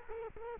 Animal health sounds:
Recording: mosquito wingbeat signal from an infrared sensor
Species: Culex quinquefasciatus

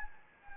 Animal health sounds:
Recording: mosquito wingbeat signal from an infrared sensor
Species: Anopheles gambiae

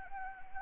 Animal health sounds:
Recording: mosquito wingbeat signal from an infrared sensor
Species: Anopheles arabiensis

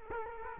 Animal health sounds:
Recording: mosquito wingbeat signal from an infrared sensor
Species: Culex quinquefasciatus

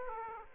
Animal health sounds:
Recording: mosquito wingbeat signal from an infrared sensor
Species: Aedes aegypti

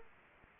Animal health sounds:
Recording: mosquito wingbeat signal from an infrared sensor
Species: Anopheles arabiensis

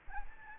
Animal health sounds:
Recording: mosquito wingbeat signal from an infrared sensor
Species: Aedes albopictus

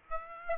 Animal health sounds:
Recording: mosquito wingbeat signal from an infrared sensor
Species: Aedes aegypti

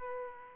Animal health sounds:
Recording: mosquito wingbeat signal from an infrared sensor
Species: Aedes aegypti

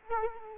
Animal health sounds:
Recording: mosquito wingbeat signal from an infrared sensor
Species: Culex quinquefasciatus

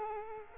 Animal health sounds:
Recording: mosquito wingbeat signal from an infrared sensor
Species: Culex quinquefasciatus

